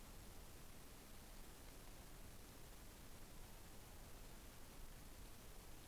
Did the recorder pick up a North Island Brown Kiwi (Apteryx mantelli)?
no